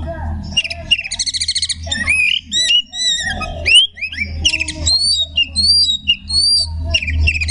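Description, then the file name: Magpie-robin song: fast rattling trill followed by sweeping upward and downward whistles and chattering notes, lively and varied, over a steady low hum. Song style called tembakan ngekek. "kacer tembakan ngekek"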